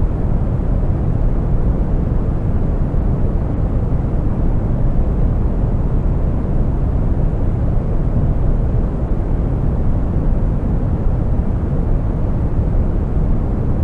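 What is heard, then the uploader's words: Brown noise plays as a steady, dense rumble, heaviest in the low end and gradually thinning toward the top, with almost no brightness. The level stays flat for the whole stretch, with no events or changes, much like an engine drone. Relaxing Brown Noise for Sleep.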